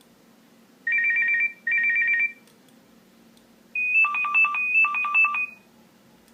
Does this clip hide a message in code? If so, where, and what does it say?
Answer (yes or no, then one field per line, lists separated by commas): no